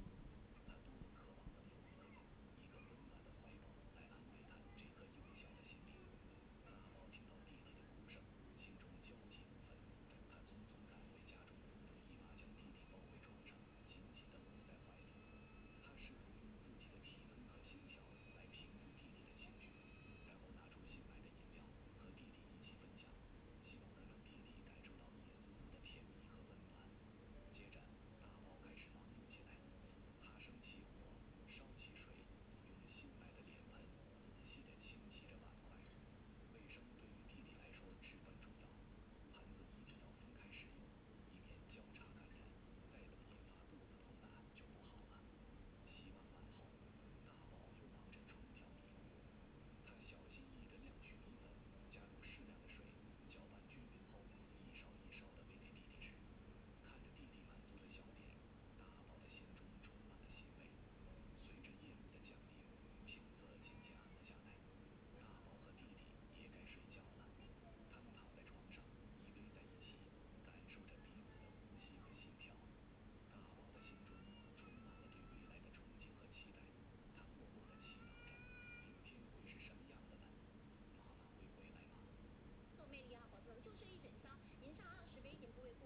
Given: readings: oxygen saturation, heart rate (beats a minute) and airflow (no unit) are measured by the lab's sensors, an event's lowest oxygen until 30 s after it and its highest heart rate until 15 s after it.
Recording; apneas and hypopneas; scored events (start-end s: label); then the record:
a person awake in a sleep study, by a voice recorder at the bedside; none
0.00-85.86 s: awake
From the record:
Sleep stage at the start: awake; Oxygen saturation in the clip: 95 to 97%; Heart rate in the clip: 66 to 81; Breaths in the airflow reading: 17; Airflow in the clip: -2.6 to 4.2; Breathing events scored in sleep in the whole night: 131 in 7.2 hours asleep